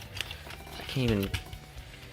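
Someone presses a heavy-duty plastic clip on the limb of a 2019 Transformers Studio Series leader class Scavenger transforming action figure toward its mating slot, with short plastic ticks at about 0.2 s and 0.3 s and someone talking midway through. Nothing has seated or clicked yet; the clip is still being handled and has not snapped home.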